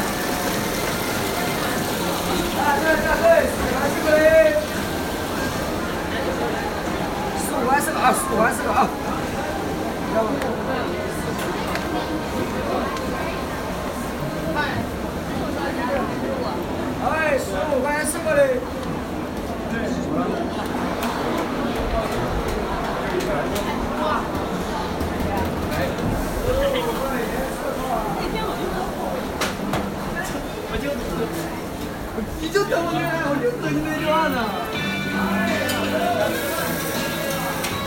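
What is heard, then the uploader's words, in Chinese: Sounds from Nanluoguxiang: a steady, dense murmur of many overlapping voices and chatter runs throughout, with no pauses. Occasional clicks and sharper sounds stand out near 4, 18–20 and 33 seconds, over a low rumble underneath. 声音来自南锣鼓巷。南锣鼓巷是一条胡同，位于北京中轴线东侧的交道口地区。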